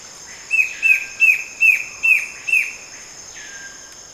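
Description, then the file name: Bird calls: six crisp, clipped notes in quick succession, over a steady high hum. "SABIOD 50 bird 2015"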